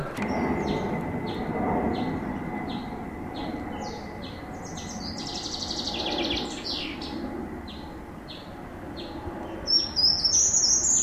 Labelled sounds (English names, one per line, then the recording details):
Short-toed Treecreeper song
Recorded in the wild
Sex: male
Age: adult
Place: Wesendahl, Barnim, Brandenburg, DE
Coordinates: 52.6044, 13.7886
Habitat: farmland
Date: 1991-07-01 14:32
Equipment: Uher 4000 Report Monitor, Sennheiser ME 80, K 30 AV, Original
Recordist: Frommolt, Karl-Heinz